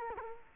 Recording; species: mosquito wingbeat signal from an infrared sensor; Culex quinquefasciatus